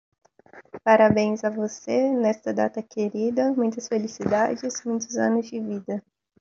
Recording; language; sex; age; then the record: short text; Brazilian Portuguese; female; 20 to 29 years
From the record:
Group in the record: control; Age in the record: 24 years